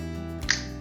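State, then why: Seated. A small folding pocket knife blade is worked, with a duller low sound around 0.4 s before a sharp, short little click at 0.5 s as the blade seats into its handle lock/detent, whether locking open or snapping shut is not clear. Music plays steadily underneath.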